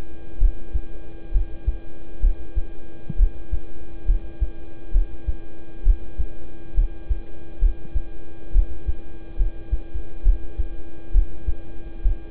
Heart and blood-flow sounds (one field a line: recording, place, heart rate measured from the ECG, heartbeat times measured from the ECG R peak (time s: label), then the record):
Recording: heart sounds by stethoscope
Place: between the tricuspid and mitral areas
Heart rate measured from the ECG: 67 bpm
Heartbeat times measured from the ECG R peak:
0.38 s: heartbeat
1.31 s: heartbeat
2.20 s: heartbeat
3.16 s: heartbeat
4.05 s: heartbeat
4.91 s: heartbeat
5.83 s: heartbeat
6.74 s: heartbeat
7.59 s: heartbeat
8.52 s: heartbeat
9.36 s: heartbeat
10.22 s: heartbeat
11.11 s: heartbeat
12.02 s: heartbeat
From the record:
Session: rest, lying down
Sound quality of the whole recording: good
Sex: male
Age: 26 years